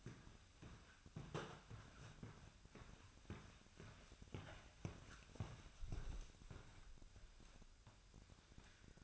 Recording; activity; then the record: daily activity, microphone in the room; walk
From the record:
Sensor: 2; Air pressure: 1001.5 hPa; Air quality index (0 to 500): 227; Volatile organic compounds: 26 ppm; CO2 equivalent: 2854 ppm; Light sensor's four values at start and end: 8/27/10/10 and 8/27/10/10